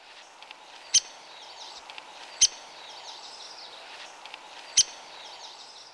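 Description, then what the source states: Downy Woodpecker call notes: three single, high pick notes spaced irregularly a second or two apart, over a faint steady background hiss. Flat pick call note of the downy.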